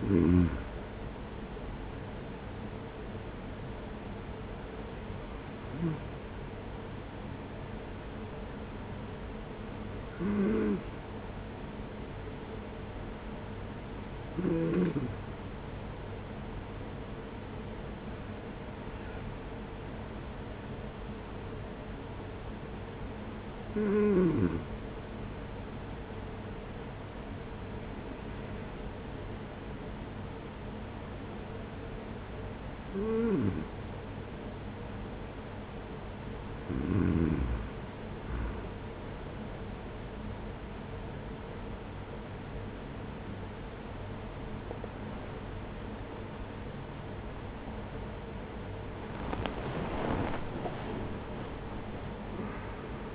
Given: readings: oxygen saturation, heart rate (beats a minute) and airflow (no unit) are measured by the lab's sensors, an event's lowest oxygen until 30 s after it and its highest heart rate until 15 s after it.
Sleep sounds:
breathing in sleep by a voice recorder at the bedside; 1
9.00-45.50 s: hypopnea (N2, oxygen 94% highest, then 94% lowest, heart rate 50 at the start, 78 highest)
47.00-53.15 s: new sleep stage, N1 (lightest sleep)
From the record:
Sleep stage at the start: N2 (light sleep); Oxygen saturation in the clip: 93 to 94%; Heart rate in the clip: 45 to 65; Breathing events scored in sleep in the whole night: 210 in 6.9 hours asleep

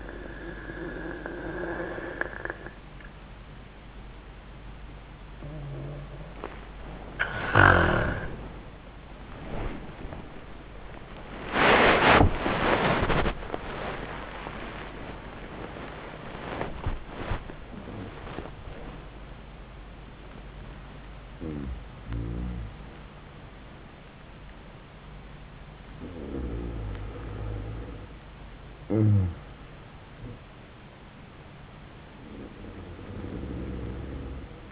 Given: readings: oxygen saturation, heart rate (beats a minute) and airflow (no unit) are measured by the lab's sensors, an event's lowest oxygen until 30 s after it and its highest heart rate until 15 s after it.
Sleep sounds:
breathing in sleep by a voice recorder at the bedside; none
27.00-34.72 s: new sleep stage, REM sleep
From the record:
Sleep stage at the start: N1 (lightest sleep); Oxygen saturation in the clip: 68 to 98%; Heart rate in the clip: 73 to 112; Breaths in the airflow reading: 5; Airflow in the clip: -11.1 to 14.8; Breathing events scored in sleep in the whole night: 400 in 8.7 hours asleep

